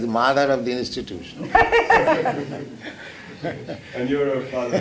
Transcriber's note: laughter